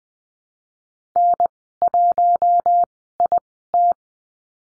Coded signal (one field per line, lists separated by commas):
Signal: Morse code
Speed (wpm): 20 wpm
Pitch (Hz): 700 Hz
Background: none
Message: N1IT